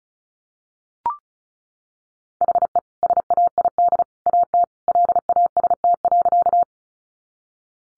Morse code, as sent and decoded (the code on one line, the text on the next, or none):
.... . / ... .- .. -.. / .- - / .-.. .- ... - .-.-.-
HE SAID AT LAST.